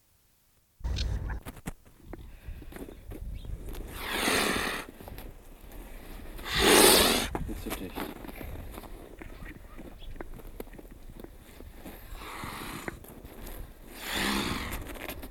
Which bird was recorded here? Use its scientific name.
Cygnus olor